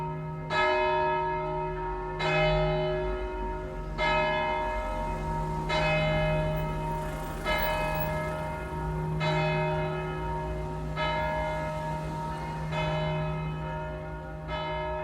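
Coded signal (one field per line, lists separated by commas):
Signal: bell signal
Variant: single bell, distesa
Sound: one large bell swinging, struck about nine times at a steady slow pace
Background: low hum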